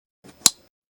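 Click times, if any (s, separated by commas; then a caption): 0.5 s. The tongue of a plastic belt buckle on a plush unicorn toy is lined up with its receiver using two hands and pushed together, with soft rustling starting around 0.2 s. A sharp, bright snap follows at 0.5 s. The buckle is seated all the way in and tight.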